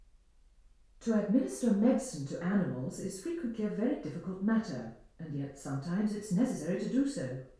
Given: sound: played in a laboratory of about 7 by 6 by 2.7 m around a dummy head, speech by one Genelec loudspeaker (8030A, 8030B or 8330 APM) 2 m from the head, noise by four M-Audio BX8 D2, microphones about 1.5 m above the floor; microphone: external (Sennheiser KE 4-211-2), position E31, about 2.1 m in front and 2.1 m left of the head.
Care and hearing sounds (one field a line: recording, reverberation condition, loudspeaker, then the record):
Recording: female speech in English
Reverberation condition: medium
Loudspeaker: 30 degrees to the left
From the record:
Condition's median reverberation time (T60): about 510 ms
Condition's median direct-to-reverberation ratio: about -0.5 dB